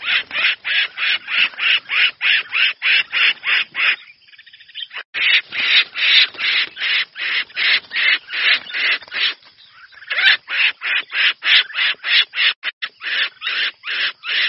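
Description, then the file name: Red-whiskered bulbul producing long runs of rapid, rasping calls, broken by two brief quieter pauses, the harsh rhythm continuing throughout. Distress call. "Tieng chao mao keu cuu"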